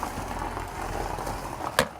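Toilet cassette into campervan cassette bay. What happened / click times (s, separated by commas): The cassette latched into its bay / 1.8 s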